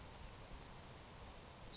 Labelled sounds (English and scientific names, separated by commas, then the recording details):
Savannah Sparrow (Passerculus sandwichensis)
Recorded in Sonoma County, California